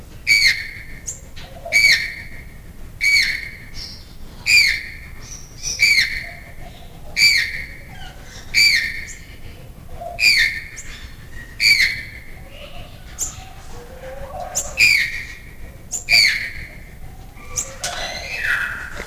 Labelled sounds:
Channel-billed Toucan call

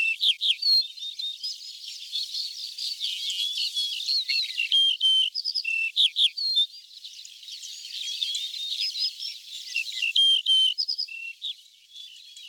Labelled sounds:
Yellow-breasted Bunting song

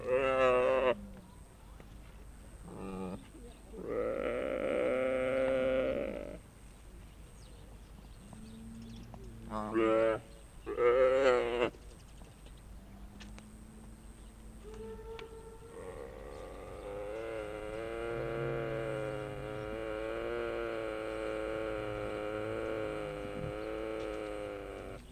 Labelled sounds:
Mule Deer call

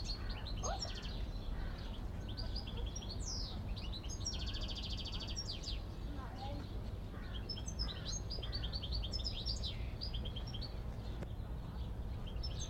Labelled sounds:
Common Chaffinch

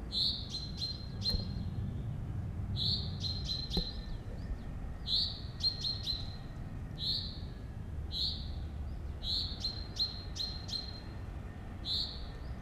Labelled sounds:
Common Chaffinch call

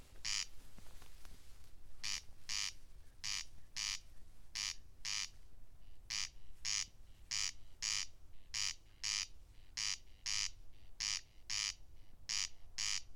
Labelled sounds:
Corn Crake song

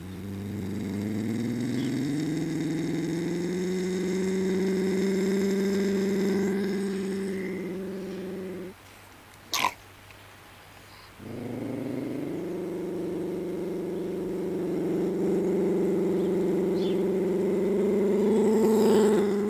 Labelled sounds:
Ocelot call

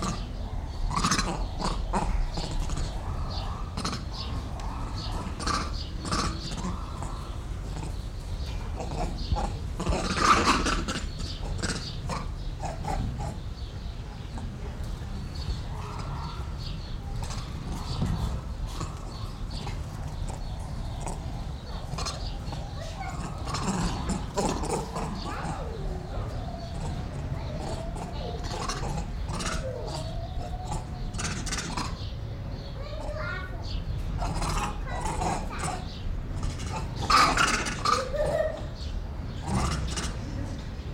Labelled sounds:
Grivet

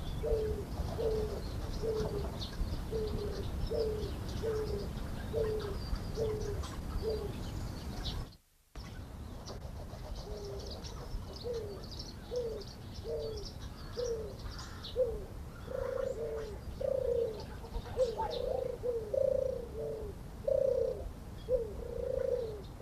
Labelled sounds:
European Turtle Dove call

